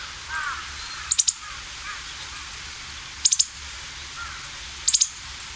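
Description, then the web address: Meadow bunting calls: high triple ticks repeated about every two seconds, with faint lower calls and steady background hiss. "sikioto. houzirozinaki"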